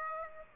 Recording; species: mosquito wingbeat signal from an infrared sensor; Aedes aegypti